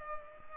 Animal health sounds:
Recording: mosquito wingbeat signal from an infrared sensor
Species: Culex pipiens

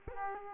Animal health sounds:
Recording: mosquito wingbeat signal from an infrared sensor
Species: Aedes aegypti

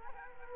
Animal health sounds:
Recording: mosquito wingbeat signal from an infrared sensor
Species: Culex quinquefasciatus

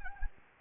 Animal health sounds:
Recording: mosquito wingbeat signal from an infrared sensor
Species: Anopheles gambiae

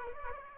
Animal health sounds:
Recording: mosquito wingbeat signal from an infrared sensor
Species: Aedes aegypti

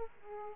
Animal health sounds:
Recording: mosquito wingbeat signal from an infrared sensor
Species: Aedes aegypti

